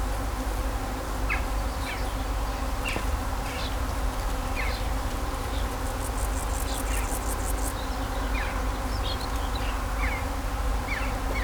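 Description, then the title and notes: Bees humming in a low steady drone under a deep rumble, with short bright bird chirps scattered throughout and a rapid trill near the middle. Bees buzzing in vineyards at Kallstadt, Germany, in rural countryside, with birds singing and road traffic noise. "In den Reben, Kallstadt, Deutschland - In Kallstadt summen die Bienen. Natur, Weinreben, Bienen summen, Vögel singen, Fahrgeräusche von Straße, Land"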